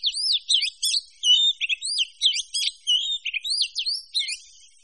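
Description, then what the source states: Birds (mixed species): high, quick twittering with rising and falling whistled chirps running almost without a break. A mix of birds, manuk campur.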